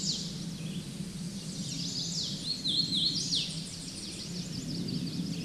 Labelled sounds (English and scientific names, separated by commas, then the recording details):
Hooded Warbler (Setophaga citrina) song
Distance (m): 15 m
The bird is about level with the microphone
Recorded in a Pennsylvania forest on 16 May 2024 at 08:59
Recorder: AudioMoth, point MSD-1990
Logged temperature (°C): 15.3 °C
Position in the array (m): 144 m, 139 m